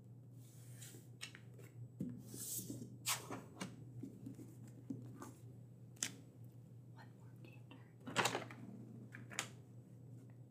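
A librarian checks and preps books: short papery rustles, soft taps and page or cover handling sounds come in irregular bursts every second or so, a louder scrape near eight seconds. A steady low hum runs underneath throughout.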